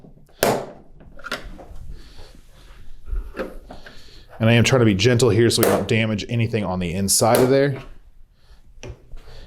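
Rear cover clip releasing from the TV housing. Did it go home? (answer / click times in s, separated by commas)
released / 8.8 s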